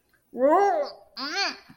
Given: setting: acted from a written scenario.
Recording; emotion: vocal sound without words; disgust